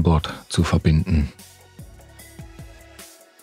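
Someone talks briefly while the plastic bottom cover of an HP ZBook 15 G4 laptop is handled for pressing back onto the chassis, followed by quiet handling with soft knocks around 2.2 s and 3.0 s. The clip ends just before the cover goes home, so none of its clips have latched yet.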